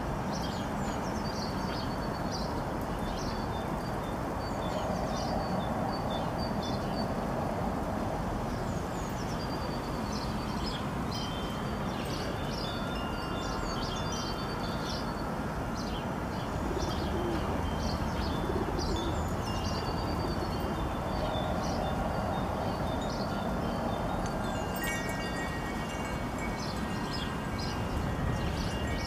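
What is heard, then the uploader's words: Outdoors on a spring day, small birds chirp in quick bursts throughout, their bright calls scattered over a steady, dense rumble of traffic. A thin high tone hangs beneath the birdsong, and a few clearer whistled notes appear near the end. Sunny Spring Day Sounds.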